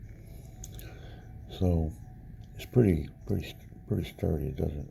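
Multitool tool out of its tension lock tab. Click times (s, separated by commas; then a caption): 0.6 s. A tool on a Leatherman multitool is pushed by hand until it releases from its tension lock tab, with a sharp click at 0.6 s followed by a couple of faint ticks. Someone talks afterward. The tool comes out of the lock.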